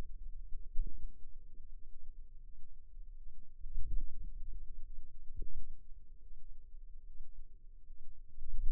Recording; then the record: forearm muscle sounds (acoustic myography)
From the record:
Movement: ulnar deviation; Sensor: system 2, bracelet of six BSWA MPA416 microphones around the upper forearm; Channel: 6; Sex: female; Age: 23 years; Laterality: right